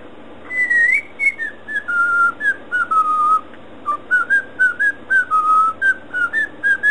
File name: siulan cockatiel